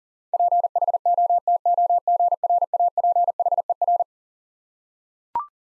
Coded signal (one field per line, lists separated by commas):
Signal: Morse code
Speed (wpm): 40 wpm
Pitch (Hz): 700 Hz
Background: none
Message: PHOTOGRAPHER